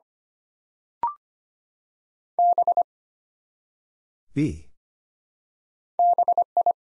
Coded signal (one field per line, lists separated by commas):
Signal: Morse code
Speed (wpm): 25 wpm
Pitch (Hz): 700 Hz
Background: none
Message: B BI